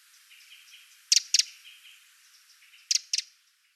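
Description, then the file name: Eurasian wren giving sharp, dry ticking calls in two quick doubled bursts, with faint twittering behind. "Troglodytes troglodytes"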